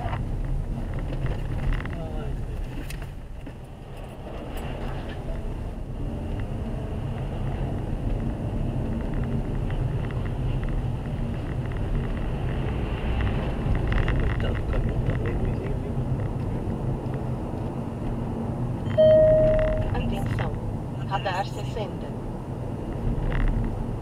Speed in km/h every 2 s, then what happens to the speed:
23, 13, 24, 32, 37, 35, 40, 44, 50, 47, 44, 46.
3-7 speeds up to 37. 10-16 speeds up to 50. 16-24 steady at about 46.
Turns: none.